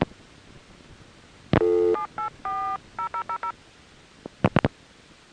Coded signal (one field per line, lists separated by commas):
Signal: DTMF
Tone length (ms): 100 ms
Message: 7840000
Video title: Southern California Phone Tapes 2: #5 Crossbar in Van Nuys, Summer 1974